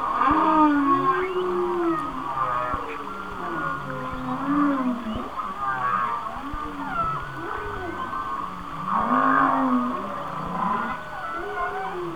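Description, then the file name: Whale song of repeated arching moans, each rising then falling, overlapping with high wavering whistles and occasional upward squeals. "Whale Songs- Mike Mc Donald"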